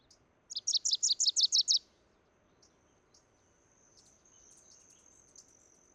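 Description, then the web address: Wilson's warbler song: a fast run of several bright, sharp chattering notes lasting just over a second, followed by faint high chips and a thin sustained high tone. "soundandlightecologyteam"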